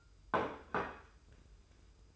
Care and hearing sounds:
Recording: daily activity, microphone in the room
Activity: place plate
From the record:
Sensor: 2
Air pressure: 990.7 hPa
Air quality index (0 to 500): 153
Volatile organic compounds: 477 ppm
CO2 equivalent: 4788 ppm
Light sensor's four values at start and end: 28/66/27/27 and 28/66/27/27

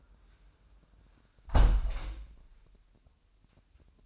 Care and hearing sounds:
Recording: daily activity, microphone in the room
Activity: close window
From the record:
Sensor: 2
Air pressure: 998.4 hPa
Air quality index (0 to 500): 137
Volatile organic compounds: 4 ppm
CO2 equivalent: 1559 ppm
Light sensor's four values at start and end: 7/17/7/8 and 7/17/7/8

